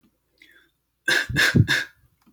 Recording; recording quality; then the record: shallow voluntary cough; excellent, no background noise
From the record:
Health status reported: healthy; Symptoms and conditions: sore throat, asthma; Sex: male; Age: 27 years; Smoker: not ticked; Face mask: not worn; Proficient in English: yes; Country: Canada